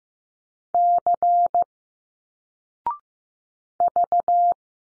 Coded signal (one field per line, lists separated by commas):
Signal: Morse code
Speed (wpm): 15 wpm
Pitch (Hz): 700 Hz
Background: none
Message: C V